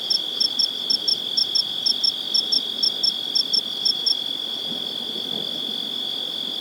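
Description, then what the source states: Insects: a high constant drone with clear paired chirping pulses that stop after about four seconds while the drone goes on. Recorded in Joshua Tree National Park.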